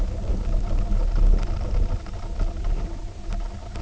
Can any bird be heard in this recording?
no